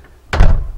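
A steel entry door in a reinforced frame is closed, and at 0.3 s its latch catches in the strike plate with a single solid, low thunk that rings out briefly. The latch snaps home and the door is fully latched.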